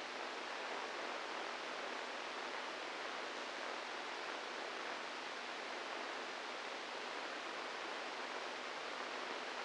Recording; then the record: brain microelectrode recording played as sound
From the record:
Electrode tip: inside the subthalamic nucleus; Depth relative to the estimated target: 1 mm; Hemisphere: right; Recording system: NeuroSet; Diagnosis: Parkinson's disease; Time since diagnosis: 8 years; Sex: male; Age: 46 years